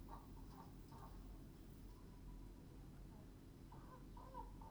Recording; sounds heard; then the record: poultry house recording; healthy chickens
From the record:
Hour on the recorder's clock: 21